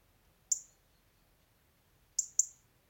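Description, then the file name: European robin: one sharp, high click followed after a pause by a quick pair of clicks. "Erithacus rubecula"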